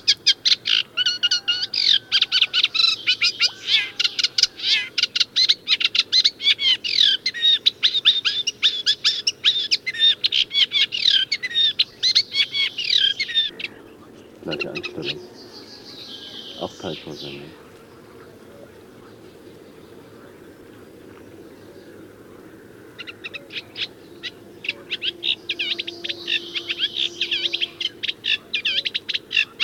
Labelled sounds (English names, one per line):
Eurasian Reed Warbler song